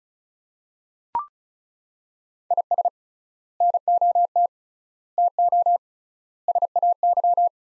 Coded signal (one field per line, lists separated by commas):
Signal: Morse code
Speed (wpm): 34 wpm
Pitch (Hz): 700 Hz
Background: none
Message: IS NOT TO SAY